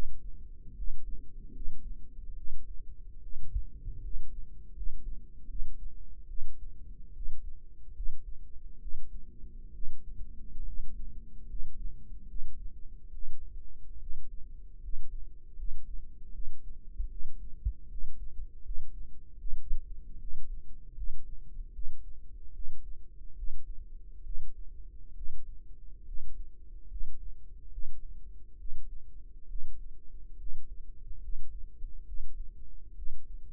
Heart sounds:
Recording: heart sounds by microphone in the right ear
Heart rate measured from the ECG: 73 bpm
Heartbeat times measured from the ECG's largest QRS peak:
0.75 s: heartbeat
1.52 s: heartbeat
2.35 s: heartbeat
3.21 s: heartbeat
4.01 s: heartbeat
4.74 s: heartbeat
5.47 s: heartbeat
6.27 s: heartbeat
7.13 s: heartbeat
7.93 s: heartbeat
8.79 s: heartbeat
9.72 s: heartbeat
10.65 s: heartbeat
11.47 s: heartbeat
12.27 s: heartbeat
13.12 s: heartbeat
13.99 s: heartbeat
14.81 s: heartbeat
15.56 s: heartbeat
16.32 s: heartbeat
17.09 s: heartbeat
17.88 s: heartbeat
18.63 s: heartbeat
19.37 s: heartbeat
20.18 s: heartbeat
20.95 s: heartbeat
21.72 s: heartbeat
22.53 s: heartbeat
23.35 s: heartbeat
24.23 s: heartbeat
25.14 s: heartbeat
26.05 s: heartbeat
26.88 s: heartbeat
27.70 s: heartbeat
28.57 s: heartbeat
29.47 s: heartbeat
30.37 s: heartbeat
31.20 s: heartbeat
32.05 s: heartbeat
32.95 s: heartbeat
From the record:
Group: healthy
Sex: female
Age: 22 years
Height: 163 cm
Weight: 67.1 kg

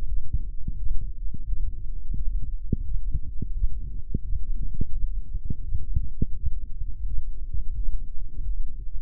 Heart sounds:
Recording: heart sounds by microphone in the left ear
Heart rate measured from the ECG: 86 bpm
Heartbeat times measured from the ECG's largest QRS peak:
0.06 s: heartbeat
0.77 s: heartbeat
1.46 s: heartbeat
2.14 s: heartbeat
2.84 s: heartbeat
3.53 s: heartbeat
4.22 s: heartbeat
4.92 s: heartbeat
5.62 s: heartbeat
6.34 s: heartbeat
7.05 s: heartbeat
7.76 s: heartbeat
8.47 s: heartbeat
From the record:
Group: healthy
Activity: light exercise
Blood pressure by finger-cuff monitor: 107/50 mmHg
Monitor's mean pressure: 63 mmHg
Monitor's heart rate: 86 bpm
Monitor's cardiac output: 8 L/min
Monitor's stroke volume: 94 mL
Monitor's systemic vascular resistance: 550 dyn s/cm5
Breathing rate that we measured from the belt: 21 breaths a minute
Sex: male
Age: 25 years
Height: 170 cm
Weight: 70.4 kg

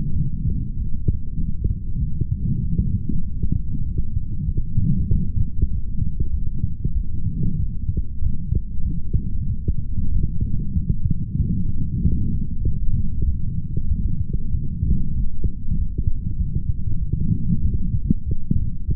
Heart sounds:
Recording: heart sounds by stethoscope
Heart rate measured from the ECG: 96 bpm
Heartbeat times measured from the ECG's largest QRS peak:
0.13 s: heartbeat
0.75 s: heartbeat
1.37 s: heartbeat
1.99 s: heartbeat
2.61 s: heartbeat
3.22 s: heartbeat
3.83 s: heartbeat
4.45 s: heartbeat
5.07 s: heartbeat
5.69 s: heartbeat
6.31 s: heartbeat
6.93 s: heartbeat
7.56 s: heartbeat
8.20 s: heartbeat
8.83 s: heartbeat
9.46 s: heartbeat
10.10 s: heartbeat
10.73 s: heartbeat
11.37 s: heartbeat
12.01 s: heartbeat
12.63 s: heartbeat
13.26 s: heartbeat
13.88 s: heartbeat
14.51 s: heartbeat
15.13 s: heartbeat
15.75 s: heartbeat
16.37 s: heartbeat
16.99 s: heartbeat
17.62 s: heartbeat
18.24 s: heartbeat
18.86 s: heartbeat
From the record:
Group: healthy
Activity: light exercise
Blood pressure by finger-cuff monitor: 152/117 mmHg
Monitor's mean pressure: 129 mmHg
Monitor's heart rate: 96 bpm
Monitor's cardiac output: 4 L/min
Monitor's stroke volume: 41 mL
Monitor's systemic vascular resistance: 2420 dyn s/cm5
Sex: male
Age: 55 years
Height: 167 cm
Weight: 57.2 kg

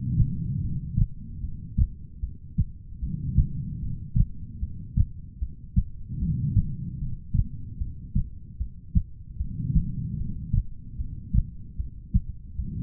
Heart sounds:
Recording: heart sounds by stethoscope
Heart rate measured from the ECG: 75 bpm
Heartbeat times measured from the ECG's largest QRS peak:
0.61 s: heartbeat
1.41 s: heartbeat
2.20 s: heartbeat
3.00 s: heartbeat
3.80 s: heartbeat
4.60 s: heartbeat
5.39 s: heartbeat
6.19 s: heartbeat
6.99 s: heartbeat
7.78 s: heartbeat
8.58 s: heartbeat
9.37 s: heartbeat
10.17 s: heartbeat
10.97 s: heartbeat
11.77 s: heartbeat
12.56 s: heartbeat
From the record:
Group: heart failure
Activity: rest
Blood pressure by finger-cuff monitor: 96/65 mmHg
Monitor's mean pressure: 77 mmHg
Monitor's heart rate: 75 bpm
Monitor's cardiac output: 4.9 L/min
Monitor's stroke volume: 65 mL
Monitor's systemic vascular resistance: 1140 dyn s/cm5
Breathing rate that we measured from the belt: 19 breaths a minute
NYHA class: 2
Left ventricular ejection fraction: 58%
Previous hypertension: present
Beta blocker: bisoprolol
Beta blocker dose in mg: 5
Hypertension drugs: ramipril, spironolactone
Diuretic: furosemide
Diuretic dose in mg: 160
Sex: female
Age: 55 years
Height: 155 cm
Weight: 67 kg

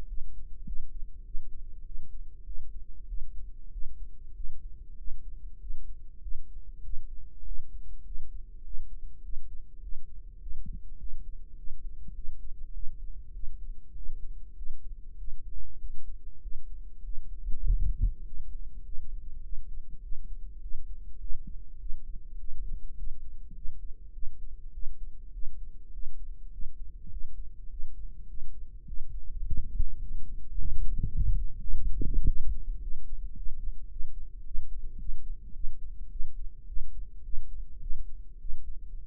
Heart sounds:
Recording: heart sounds by microphone in the right ear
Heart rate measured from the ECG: 102 bpm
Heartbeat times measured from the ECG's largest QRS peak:
0.09 s: heartbeat
0.67 s: heartbeat
1.26 s: heartbeat
1.86 s: heartbeat
2.47 s: heartbeat
3.09 s: heartbeat
3.73 s: heartbeat
4.36 s: heartbeat
4.99 s: heartbeat
5.61 s: heartbeat
6.23 s: heartbeat
6.84 s: heartbeat
7.46 s: heartbeat
8.06 s: heartbeat
8.65 s: heartbeat
9.24 s: heartbeat
9.83 s: heartbeat
10.42 s: heartbeat
11.00 s: heartbeat
11.58 s: heartbeat
12.16 s: heartbeat
12.75 s: heartbeat
13.34 s: heartbeat
13.96 s: heartbeat
14.57 s: heartbeat
15.19 s: heartbeat
15.81 s: heartbeat
16.43 s: heartbeat
17.04 s: heartbeat
17.65 s: heartbeat
18.26 s: heartbeat
18.85 s: heartbeat
19.44 s: heartbeat
20.03 s: heartbeat
20.62 s: heartbeat
21.21 s: heartbeat
21.81 s: heartbeat
22.40 s: heartbeat
22.98 s: heartbeat
23.56 s: heartbeat
24.15 s: heartbeat
24.74 s: heartbeat
25.34 s: heartbeat
25.94 s: heartbeat
26.53 s: heartbeat
27.12 s: heartbeat
27.71 s: heartbeat
28.29 s: heartbeat
28.87 s: heartbeat
29.45 s: heartbeat
30.02 s: heartbeat
30.59 s: heartbeat
31.15 s: heartbeat
31.72 s: heartbeat
32.27 s: heartbeat
32.82 s: heartbeat
33.37 s: heartbeat
33.91 s: heartbeat
34.46 s: heartbeat
35.00 s: heartbeat
35.56 s: heartbeat
36.12 s: heartbeat
36.68 s: heartbeat
37.25 s: heartbeat
37.82 s: heartbeat
38.41 s: heartbeat
39.00 s: heartbeat
From the record:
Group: healthy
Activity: cold pressor test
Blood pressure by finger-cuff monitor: 166/97 mmHg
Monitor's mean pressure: 115 mmHg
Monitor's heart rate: 102 bpm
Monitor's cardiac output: 7.8 L/min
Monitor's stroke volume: 75 mL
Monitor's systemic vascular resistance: 1100 dyn s/cm5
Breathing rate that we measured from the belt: 16 breaths a minute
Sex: male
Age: 21 years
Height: 175 cm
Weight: 72.6 kg

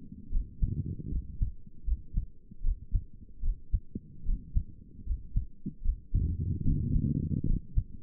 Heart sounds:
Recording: heart sounds by stethoscope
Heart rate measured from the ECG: 76 bpm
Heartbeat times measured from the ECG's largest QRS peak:
0.32 s: heartbeat
1.11 s: heartbeat
1.87 s: heartbeat
2.64 s: heartbeat
3.43 s: heartbeat
4.26 s: heartbeat
5.06 s: heartbeat
5.84 s: heartbeat
6.65 s: heartbeat
7.47 s: heartbeat
From the record:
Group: healthy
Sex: male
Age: 22 years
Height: 181 cm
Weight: 79 kg

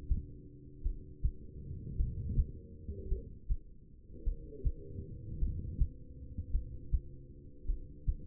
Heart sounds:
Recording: heart sounds by stethoscope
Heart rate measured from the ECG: 53 bpm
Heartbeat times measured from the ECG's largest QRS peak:
0.82 s: heartbeat
1.96 s: heartbeat
3.08 s: heartbeat
4.23 s: heartbeat
5.38 s: heartbeat
6.51 s: heartbeat
7.65 s: heartbeat
From the record:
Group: heart failure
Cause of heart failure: non-ischemic cardiomyopathy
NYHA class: 1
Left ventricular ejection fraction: 52%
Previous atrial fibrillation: present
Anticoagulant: apixaban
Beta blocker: bisoprolol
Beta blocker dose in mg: 10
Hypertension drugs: sacubitril-valsartan, spironolactone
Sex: female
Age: 68 years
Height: 169 cm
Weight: 71 kg

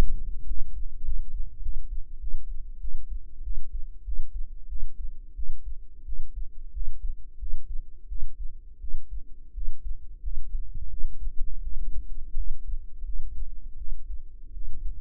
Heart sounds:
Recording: heart sounds by microphone in the right ear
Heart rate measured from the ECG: 90 bpm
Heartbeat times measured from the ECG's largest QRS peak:
0.46 s: heartbeat
1.04 s: heartbeat
1.62 s: heartbeat
2.20 s: heartbeat
2.80 s: heartbeat
3.43 s: heartbeat
4.05 s: heartbeat
4.68 s: heartbeat
5.35 s: heartbeat
6.05 s: heartbeat
6.73 s: heartbeat
7.39 s: heartbeat
8.08 s: heartbeat
8.80 s: heartbeat
9.54 s: heartbeat
10.22 s: heartbeat
10.89 s: heartbeat
11.62 s: heartbeat
12.36 s: heartbeat
13.04 s: heartbeat
13.77 s: heartbeat
14.53 s: heartbeat
From the record:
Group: healthy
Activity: rest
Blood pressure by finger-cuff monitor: 112/61 mmHg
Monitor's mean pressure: 77 mmHg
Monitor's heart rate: 95 bpm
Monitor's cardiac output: 8.8 L/min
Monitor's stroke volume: 94 mL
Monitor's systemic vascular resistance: 620 dyn s/cm5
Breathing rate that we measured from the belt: 22 breaths a minute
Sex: female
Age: 19 years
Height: 163 cm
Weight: 48.9 kg

